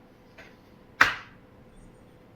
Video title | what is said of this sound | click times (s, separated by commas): This original Omega Seamaster (almost) needs help! | That's a snap, all right. | 1.0 s